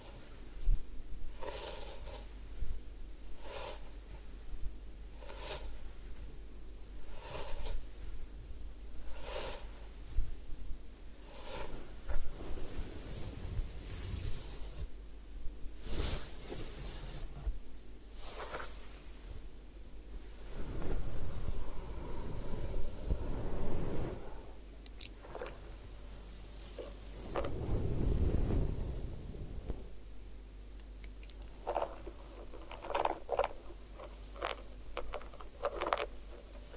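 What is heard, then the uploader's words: A head spa session with hair washing and massage, full of soft scratching, rubbing and patting sounds. Regular short taps recur in the first twelve seconds, then come longer swishing and water-like rushes around 15–30 seconds, with a low steady hum underneath. Head Spa Hair Wash, Massage, Ear Cleaning.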